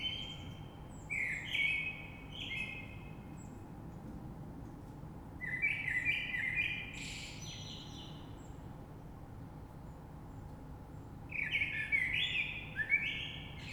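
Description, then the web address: Common blackbird song: three mellow warbled phrases spaced several seconds apart, each trailing into squeaky high notes, with a constant low background hum. Recorded 3 March 2020. "oiseaux Rush Merle 3-3-2020"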